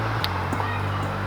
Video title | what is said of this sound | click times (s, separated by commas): How to Install FRONT ABS SENSOR on a MAZDA 3! | got a little click sound make sure it doesn't come out yeah | 0.2 s